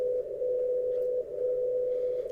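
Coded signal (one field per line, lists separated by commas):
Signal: radio time signal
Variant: WWVB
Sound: steady low tone around 500 Hz that briefly drops in loudness once each second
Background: radio static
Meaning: Each second's drop in level carries one bit of a binary-coded decimal time code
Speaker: it's not Morse code it's a binary coded decimal Mountain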